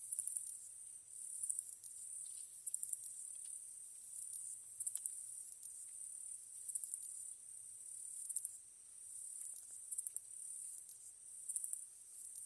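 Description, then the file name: Katydid song: repeated very high clicking bursts over a constant thin hiss. Recorded 15 August 2010 at 22:07. "ezotuyumusi 20100815-2207"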